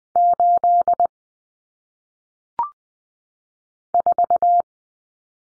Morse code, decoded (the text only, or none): 8 4